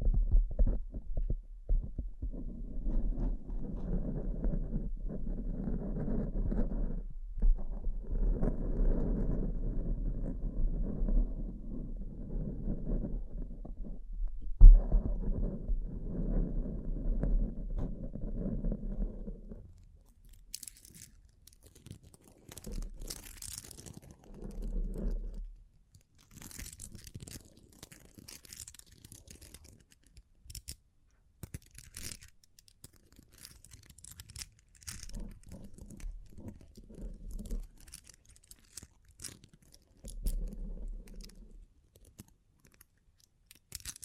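Bling bling triggers: for the first twenty seconds a steady, muffled rubbing and rustling stays low and dense, with one sharp knock near fifteen seconds. After that, crisp bright crinkles and clicks come in uneven bursts separated by brief silences, sometimes over soft thuds.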